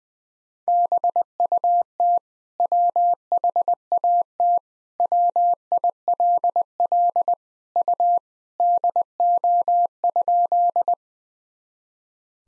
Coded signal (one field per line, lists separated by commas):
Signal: Morse code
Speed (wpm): 20 wpm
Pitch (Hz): 700 Hz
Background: none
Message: BUT WHAT WILL U DO?